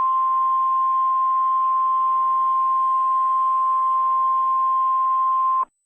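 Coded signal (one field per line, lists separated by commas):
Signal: Emergency Alert System (SAME) tones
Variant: 1050 Hz attention tone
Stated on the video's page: EAS alert tones in a fictional Krampus-themed scenario, not a real broadcast.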